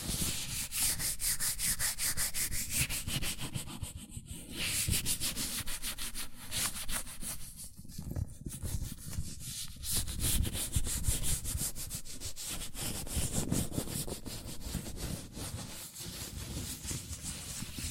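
Latex-gloved hands rub and squeak in a dense, continuous scuffing texture, with brief quieter gaps near four and eight seconds.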